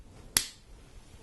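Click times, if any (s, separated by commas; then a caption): 0.4 s. Two plastic steering pieces on a Lego Technic Formula Off Roader (set 42037) building-toy model are pressed into each other until they snap together, giving one sharp, bright click at 0.4 s against a quiet background. The click is heard more than felt, and the pieces are seated in a joint that is practically permanent.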